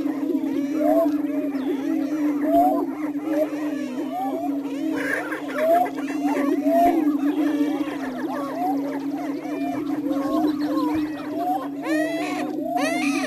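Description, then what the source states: Greater prairie chicken lek sounds: a sustained low hooting hum with constant chattering cackles and higher whoops layered on top. Missouri.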